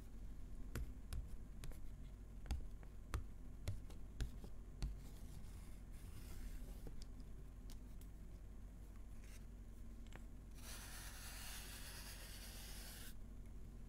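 Sharp, irregular taps fill the first five seconds over a low steady hum, then soft rustling hiss swells briefly and again near the end.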